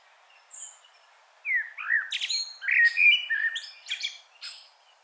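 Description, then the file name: Common blackbird singing after a faint high note: a fluted, warbling phrase laced with sharp, high squeaky notes, fading out at the end. "Turdus merula"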